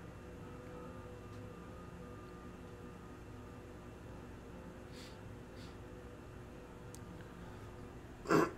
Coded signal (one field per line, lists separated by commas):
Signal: FT8